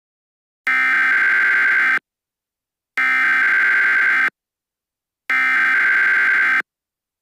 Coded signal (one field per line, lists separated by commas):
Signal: Emergency Alert System (SAME) tones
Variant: header bursts